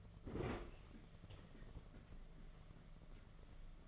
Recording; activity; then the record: daily activity, microphone in the room; open fridge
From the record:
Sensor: 4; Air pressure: 1015.8 hPa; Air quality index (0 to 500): 185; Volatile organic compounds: 9 ppm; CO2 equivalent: 2137 ppm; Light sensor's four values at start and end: 11/24/10/10 and 9/19/8/8